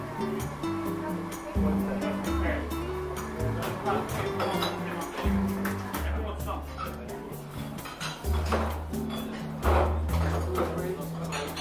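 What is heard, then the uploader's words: Seaside cafe ambience with a constant murmur of overlapping voices and a steady low wash like surf underneath. Frequent sharp clinks of cups and dishes ring out throughout, and a deep low hum swells and drops every few seconds. Seaside Cafe Ambience - Coffee Shop Sounds, Ocean Sounds.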